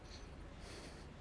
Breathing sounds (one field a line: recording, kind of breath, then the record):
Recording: one breath in and out by a microphone near the nose and mouth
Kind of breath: strong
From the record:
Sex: male